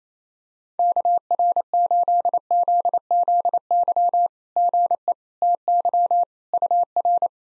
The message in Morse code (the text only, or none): KR8ZZY GE TY UR